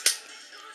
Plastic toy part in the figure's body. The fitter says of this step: something locked into place what